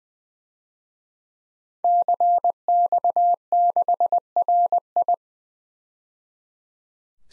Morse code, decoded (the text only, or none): CX6RI